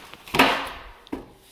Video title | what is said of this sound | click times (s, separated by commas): How to build IKEA Sektion Maximera drawer for Base Cabinets | hear that loud click and now your drawer is connected so | 0.3 s